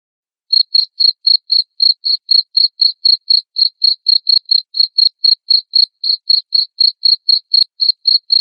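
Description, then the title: Cricket starting after a brief silence, then loud high chirps repeating regularly about four per second to the end. Loud cricket chirping played to make lovebirds sing continuously. "Suara JANGKRIK NGERIK Keras Bikin LOVEBIRD Jadi NGEKEK Terus Vubey"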